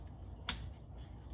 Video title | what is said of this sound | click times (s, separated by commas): Replacing Fuel Filter on your 1996 Jeep Grand Cherokee ZJ | hear the click and then you pull back | 0.5 s